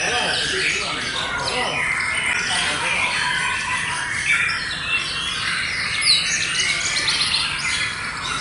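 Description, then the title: White-rumped shama song phrases and twittering notes within a dense, steady background chorus. Wild bird in forest; original natural song. "Kicau Asli Murai Batu Hutan"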